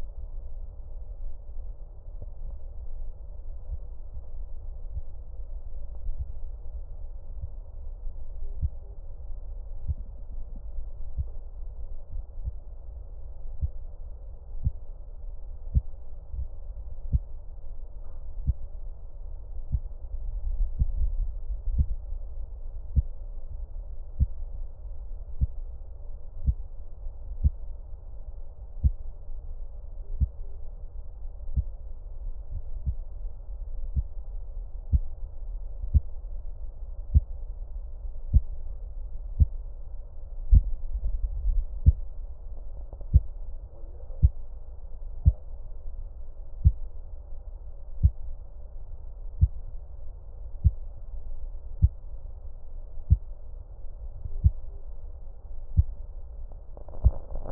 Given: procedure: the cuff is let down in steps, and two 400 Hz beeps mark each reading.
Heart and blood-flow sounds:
Korotkoff sounds by stethoscope; brachial artery, at the lower edge of an arm cuff
8.43-8.95 s: 135 mmHg
30.03-30.56 s: 125 mmHg
54.29-54.81 s: 115 mmHg
From the record:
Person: healthy adult, 24 to 32 years, lying on the back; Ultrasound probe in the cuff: middle

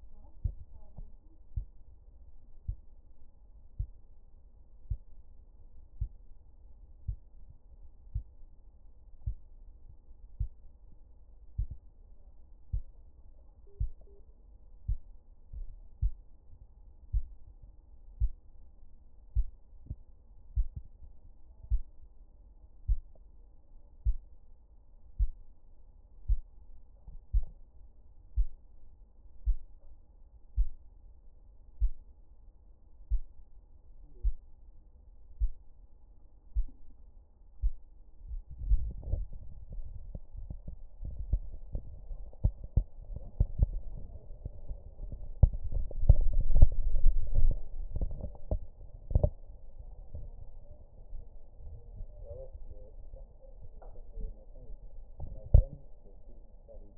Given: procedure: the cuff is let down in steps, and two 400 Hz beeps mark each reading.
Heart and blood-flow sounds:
Korotkoff sounds by stethoscope; brachial artery, at the lower edge of an arm cuff
13.67-14.20 s: 110 mmHg
From the record:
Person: healthy adult, 24 to 32 years, lying on the back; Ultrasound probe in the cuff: proximal

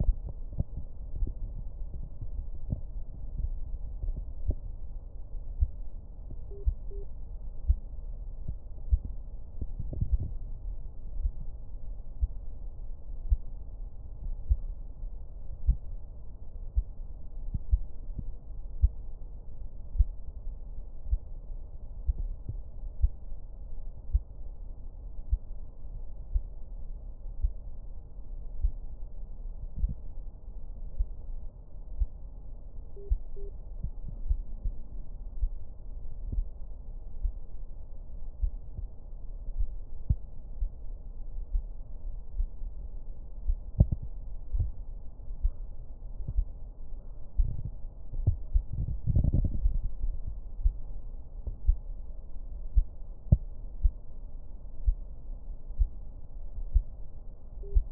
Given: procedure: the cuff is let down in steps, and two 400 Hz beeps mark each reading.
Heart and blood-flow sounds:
Korotkoff sounds by stethoscope; brachial artery, at the lower edge of an arm cuff
6.51-7.03 s: 120 mmHg
32.97-33.49 s: 110 mmHg
57.63-57.92 s: 100 mmHg
From the record:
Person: healthy adult, 24 to 32 years, lying on the back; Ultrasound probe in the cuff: proximal

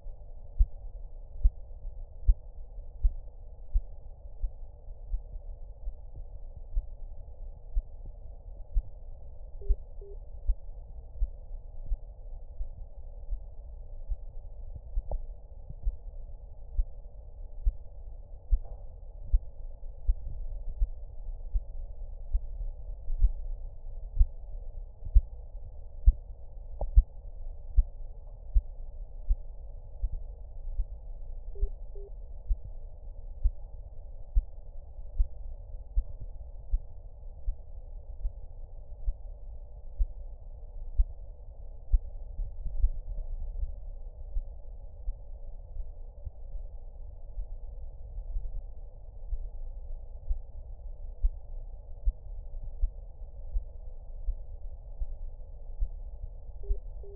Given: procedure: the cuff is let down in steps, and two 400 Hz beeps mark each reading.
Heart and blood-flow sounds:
Korotkoff sounds by stethoscope; brachial artery, at the lower edge of an arm cuff
9.61-10.14 s: 77.5 mmHg
31.55-32.08 s: 75 mmHg
56.63-57.16 s: 72.5 mmHg
From the record:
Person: healthy adult, 24 to 32 years, lying on the back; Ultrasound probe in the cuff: middle

